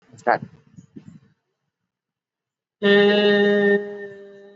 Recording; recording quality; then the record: sustained vowel as in made; excellent, no background noise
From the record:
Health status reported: exposed to COVID-19, no respiratory illness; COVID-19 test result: not tested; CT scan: not taken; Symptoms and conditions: none ticked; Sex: male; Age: 55 years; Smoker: no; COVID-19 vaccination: both doses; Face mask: worn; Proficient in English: yes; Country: India